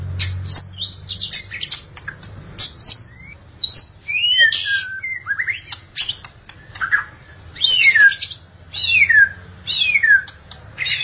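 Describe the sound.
Magpie-robin or shama song: sweeping descending whistles and sharp scratchy bursts in separate phrases, with brief gaps between them.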